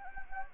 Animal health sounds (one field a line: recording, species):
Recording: mosquito wingbeat signal from an infrared sensor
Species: Anopheles gambiae